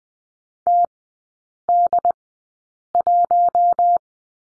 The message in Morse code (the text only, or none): TD1